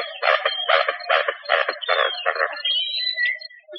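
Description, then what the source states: Pied-billed grebe calling: a fast series of harsh, pulsing notes, then drawn-out whistled tones. Recorded 27 June 2004.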